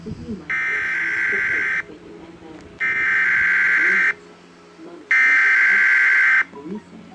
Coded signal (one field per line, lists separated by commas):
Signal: Emergency Alert System (SAME) tones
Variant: header bursts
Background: speech